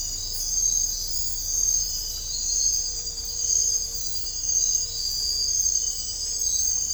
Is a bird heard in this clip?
no